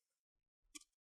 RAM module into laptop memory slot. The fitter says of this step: and then towards the motherboard and you should hear those two clicks